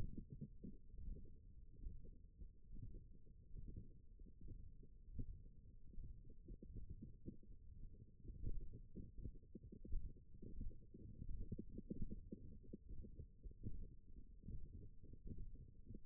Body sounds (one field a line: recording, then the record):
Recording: forearm muscle sounds (acoustic myography)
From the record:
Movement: thumb flexion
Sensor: system 1, eight BSWA MPA416 microphones around the upper forearm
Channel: 7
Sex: male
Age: 21 years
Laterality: right